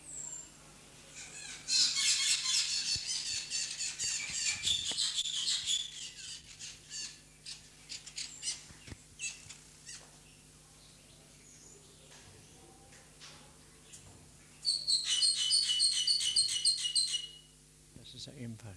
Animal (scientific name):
Acridotheres melanopterus